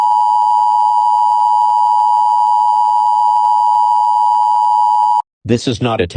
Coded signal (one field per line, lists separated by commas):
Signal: Emergency Alert System (SAME) tones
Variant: 853 and 960 Hz attention tone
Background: speech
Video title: EAS SCENARIO: ornithophobia